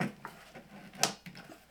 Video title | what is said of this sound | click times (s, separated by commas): COMPLETE HOW TO: BLUETTI Dual AC300 240V Split-Phase Setup & What it CAN (and CANNOT) Do | matters and then we lock it into place and then I'm going to go to put this in the uh | 1.0 s